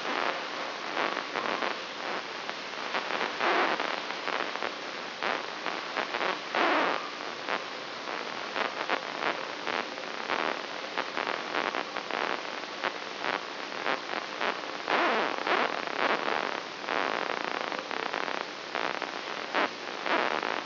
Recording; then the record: brain microelectrode recording played as sound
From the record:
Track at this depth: outside the subthalamic nucleus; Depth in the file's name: 8.06 mm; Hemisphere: left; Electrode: 3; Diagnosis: Parkinson's disease